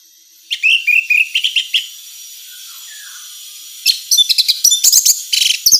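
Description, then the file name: Orange-headed thrush giving a string of clear whistled notes, then after a pause a denser burst of high, sharp, chattering song. Female; recording meant for therapy or training. "suara terapi anis merah betina"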